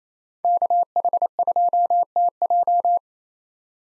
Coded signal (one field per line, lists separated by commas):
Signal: Morse code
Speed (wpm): 28 wpm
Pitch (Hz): 700 Hz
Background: none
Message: KH2TJ